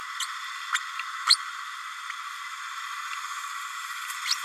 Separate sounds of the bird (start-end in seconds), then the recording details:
0.20-0.27, 1.26-1.37, 4.24-4.35. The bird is a male. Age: 31 days. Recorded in a nest box in Venezuela. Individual 17B32A6